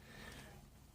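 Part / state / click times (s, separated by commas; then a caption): microwave turntable motor plug into wiring harness connector / not seated / none. A microwave turntable motor's plastic plug is handled at the wiring harness connector it goes into. Only a steady, soft broadband rustle is heard, with no sharp transients. Nothing has seated or clicked yet.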